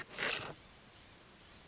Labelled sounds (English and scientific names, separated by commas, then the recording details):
Blue-gray Gnatcatcher (Polioptila caerulea)
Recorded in Sonoma County, California